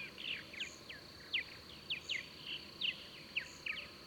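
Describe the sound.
Birds chirping in brief downslurred notes at short, uneven intervals, over low background noise and a faint high tone.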